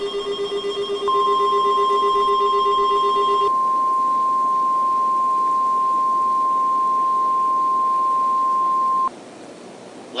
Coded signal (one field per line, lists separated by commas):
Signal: Emergency Alert System (SAME) tones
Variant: 1050 Hz attention tone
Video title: The Syndicate (EAS Scenario)